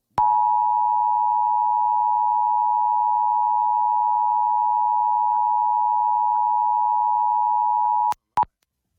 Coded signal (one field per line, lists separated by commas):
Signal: Emergency Alert System (SAME) tones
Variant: 853 and 960 Hz attention tone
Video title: Los Angeles Required Monthly Test (EAS #1039-1101) 8/29/23